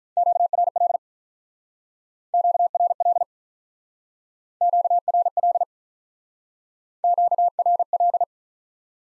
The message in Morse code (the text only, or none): QRL QRL QRL QRL